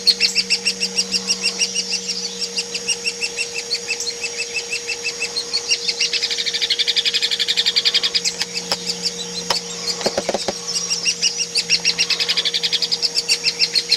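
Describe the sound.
Hairy woodpecker in a long series of rapid, sharp, high notes with rises and dips in loudness, a few clicks partway through, and a constant hum.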